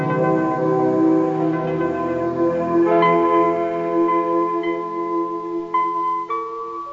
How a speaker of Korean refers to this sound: 33번의 종소리. 이 종소리 들으시면서 여러분 무슨 생각하셨습니까?